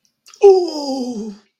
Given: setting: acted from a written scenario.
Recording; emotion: vocal sound without words; awe